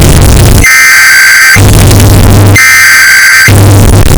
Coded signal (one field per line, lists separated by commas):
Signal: Emergency Alert System (SAME) tones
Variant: header bursts